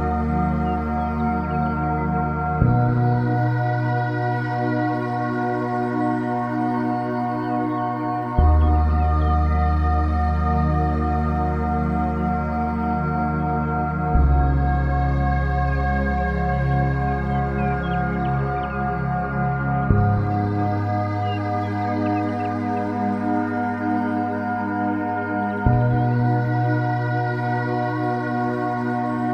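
Gentle music of long, ringing sustained chords over a deep held bass, the chord changing smoothly about every six seconds.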